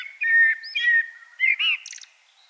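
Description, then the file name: Common blackbird giving a short fluty warble of rounded whistled notes, finishing with a brief rapid high twitter. "Turdus merula"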